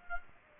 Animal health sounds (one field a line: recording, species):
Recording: mosquito wingbeat signal from an infrared sensor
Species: Aedes aegypti